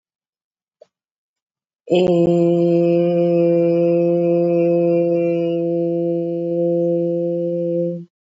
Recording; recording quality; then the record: sustained vowel as in made; excellent, no background noise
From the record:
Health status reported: COVID-19 positive, mild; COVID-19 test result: positive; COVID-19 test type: RT-PCR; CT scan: not taken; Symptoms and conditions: cough, sore throat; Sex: female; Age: 24 years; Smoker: no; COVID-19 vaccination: both doses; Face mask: not worn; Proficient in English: yes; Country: India